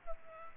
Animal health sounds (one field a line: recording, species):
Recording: mosquito wingbeat signal from an infrared sensor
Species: Culex quinquefasciatus